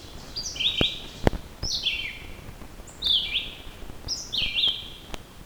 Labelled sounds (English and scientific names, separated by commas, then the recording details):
Red-eyed Vireo (Vireo olivaceus) song
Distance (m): 10 m
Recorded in boreal forest in Alberta, Canada, on 14 June 2016 at 06:44
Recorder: SongMeter 3, array SBT-3-33
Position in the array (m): 142 m, 181 m